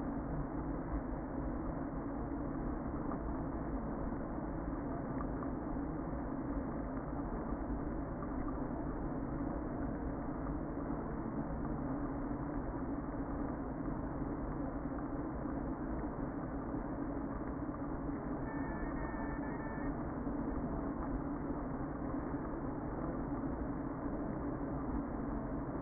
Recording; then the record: honeybee colony, microphone inside the hive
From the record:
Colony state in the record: queen present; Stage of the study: before two queens were removed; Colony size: about 60,000 bees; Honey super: yes